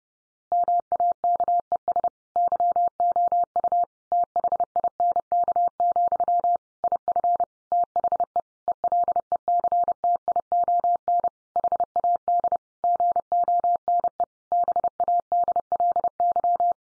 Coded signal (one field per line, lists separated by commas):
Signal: Morse code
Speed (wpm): 28 wpm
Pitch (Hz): 700 Hz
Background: none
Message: MAKES YOU THINK, IF THE ELECTION HAD GONE BADLY